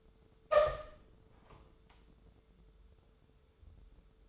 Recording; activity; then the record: daily activity, microphone in the room; open door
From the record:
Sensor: 3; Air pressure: 1015.2 hPa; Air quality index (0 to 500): 128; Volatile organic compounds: 5 ppm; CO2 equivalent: 1808 ppm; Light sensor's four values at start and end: 16/40/16/17 and 16/40/16/17